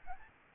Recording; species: mosquito wingbeat signal from an infrared sensor; Aedes albopictus